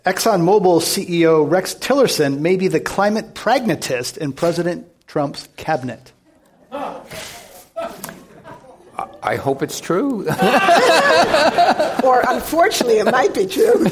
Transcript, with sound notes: Exxon Mobil CEO Rex Tillerson maybe the climate pragmatist in President Trump’s cabinet?
I hope it's true.
[Laughter]
Or unfortunately it might be true.